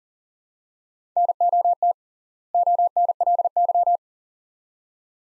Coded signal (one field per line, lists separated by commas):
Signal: Morse code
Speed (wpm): 40 wpm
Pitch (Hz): 700 Hz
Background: none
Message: NOT ONLY